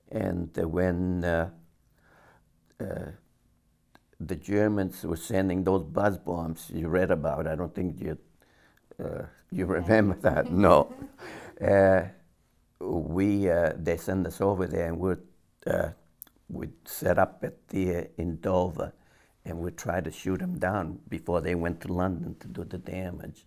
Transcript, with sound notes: And when the Germans were sending those buzz bombs you read about — I don't think you remember that, no. [Laughs] They sent us over there, and we'd set up there in Dover, and we'd try to shoot them down before they went to London to do the damage.